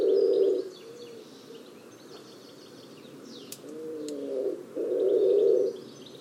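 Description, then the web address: Low bird calls: a rough buzzy note opens, then a quieter tonal phrase leads into another harsh, drawn-out note; soft high chirping and a couple of clicks in the background. "cianscape. Deverinetal. Bird Only"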